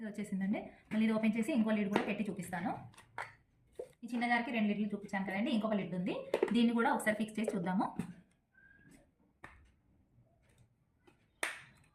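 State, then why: Seated. Someone talks for about eight seconds, and then, after a quiet stretch with faint handling sounds, the third plastic lid is fixed onto the small jar of a Panasonic MX-AE375 mixer grinder. It locks in with a loud, sharp click at 11.4 s, confirmed as locked.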